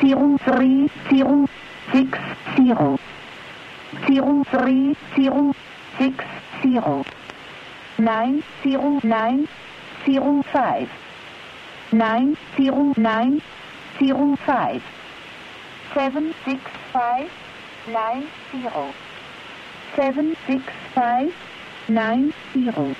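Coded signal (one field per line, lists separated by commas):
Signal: numbers station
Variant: G16, female voice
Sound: a female voice reads single digits in short, evenly spaced groups over steady hiss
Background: radio static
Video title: G16 "2 Letter DM" Numbers Station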